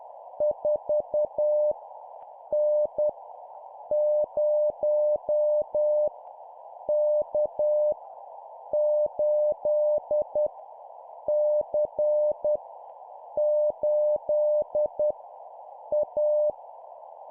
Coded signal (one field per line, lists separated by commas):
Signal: Morse code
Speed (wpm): 10 wpm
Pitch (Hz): 600 Hz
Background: none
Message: 4 N 0 K 8 C 8 A